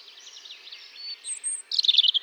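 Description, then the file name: European robin in song: a faint high twittering passage, then a thin drawn whistle and a sudden loud burst of sharp, tumbling high notes. "Erithacus rubecula"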